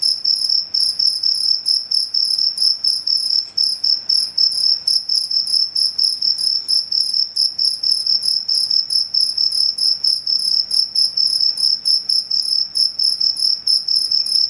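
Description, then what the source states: Cricket chirps ringing high and metallic, repeated about twice a second in a steady rhythm with faint background noise. Cricket chirping played as a sound to repel mosquitoes, insects and rats.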